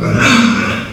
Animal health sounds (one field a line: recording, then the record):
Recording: squeal of a Yucatan mini pig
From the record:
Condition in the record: after surgery on the right vocal fold (resection and tissue-engineered implant)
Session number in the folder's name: 13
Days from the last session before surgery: 113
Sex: female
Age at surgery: 19 weeks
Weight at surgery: 25 kg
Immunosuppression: prednisolone